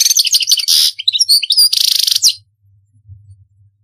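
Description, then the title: European goldfinch song: a rapid, tinkling twitter of high chirps and buzzy trills for about two seconds, then quiet with a faint low hum. "Chant Chardonneret"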